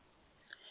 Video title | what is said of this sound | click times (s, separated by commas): How to Load Dymo LabelManager 160 (Step-by-Step) | until you hear a click. | 0.5 s